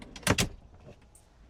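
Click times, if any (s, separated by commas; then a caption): 0.3 s. A toilet cabinet in a van is pulled out on heavy-duty 500-lb drawer slides until the slides lock in the extended position. Two loud, sharp broadband clacks come close together around 0.3 and 0.4 s, followed by faint rattles and a small high tick near 1.2 s. The slides snap and lock open at 0.3 s.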